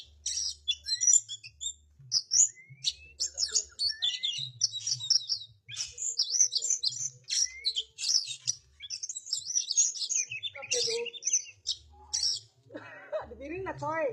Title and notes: suara kacer. kumpulan suara burung kacer